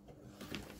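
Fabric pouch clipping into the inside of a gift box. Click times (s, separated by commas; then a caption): 0.5 s. A small fabric pouch is clipped into the inside of a velvet-covered cardboard gift box. A soft rustle of handling rises around 0.4 s, then a short, sharp click at 0.6 s as the pouch clips in and seats. No one talks during the clip.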